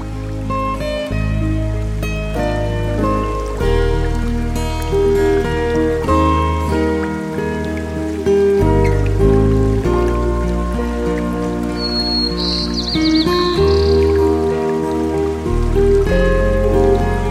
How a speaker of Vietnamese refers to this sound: Trong khu rừng nọ, cây cối xanh tươi, suối reo róc rách, có rất nhiều loài thú cùng sinh sống.